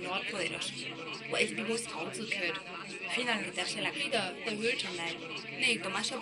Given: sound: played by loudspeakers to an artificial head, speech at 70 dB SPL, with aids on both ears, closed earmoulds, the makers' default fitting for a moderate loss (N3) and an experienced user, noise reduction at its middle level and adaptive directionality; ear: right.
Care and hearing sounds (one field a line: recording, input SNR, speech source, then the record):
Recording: speech test signal (ISTS) in cocktail-party noise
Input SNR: 0 dB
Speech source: in front (0 degrees)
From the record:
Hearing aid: class 2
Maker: C